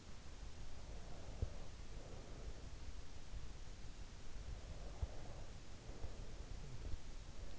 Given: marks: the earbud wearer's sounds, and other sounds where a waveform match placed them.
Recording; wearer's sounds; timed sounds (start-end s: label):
sounds in sleep by an in-ear microphone; breath
0.85-2.95 s: breath
4.18-7.28 s: breath